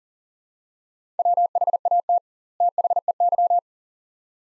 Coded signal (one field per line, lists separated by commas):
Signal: Morse code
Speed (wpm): 40 wpm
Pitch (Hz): 700 Hz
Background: none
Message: WHAT THEY